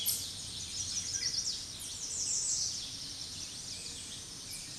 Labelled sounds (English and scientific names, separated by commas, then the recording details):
American Redstart (Setophaga ruticilla) song
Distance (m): 20 m
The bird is about 5 m above the microphone
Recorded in a Pennsylvania forest on 16 May 2024 at 06:51
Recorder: AudioMoth, point MSD-2027
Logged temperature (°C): 15.6 °C
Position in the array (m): 123 m, 227 m